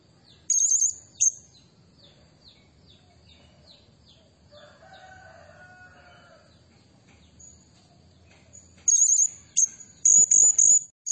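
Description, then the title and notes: Blue-crowned hanging parrot: sharp, high bursts at the start, then a rapid series of bursts near the end. Serindit lure and training recording used to tutor and attract other birds; energetic 'gacor' singing in the 'nembak' style. "Burung Serindit Nembak Gacor Bikin Emosi Semua Burung. Suara Nasteran Dan Pemikat Burung Serinditan Gacor"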